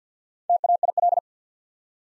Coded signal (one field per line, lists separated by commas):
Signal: Morse code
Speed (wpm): 48 wpm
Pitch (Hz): 700 Hz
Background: none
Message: TAIL